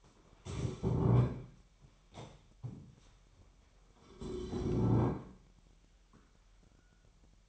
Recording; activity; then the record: daily activity, microphone in the room; stand up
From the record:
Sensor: 1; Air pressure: 998.6 hPa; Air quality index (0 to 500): 118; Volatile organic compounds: 3 ppm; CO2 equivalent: 1415 ppm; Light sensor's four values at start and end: 8/19/8/9 and 8/19/8/9